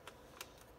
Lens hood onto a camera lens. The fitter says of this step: just snaps into place like that and